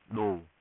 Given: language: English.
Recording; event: throat vibration sensor signal played as sound; speech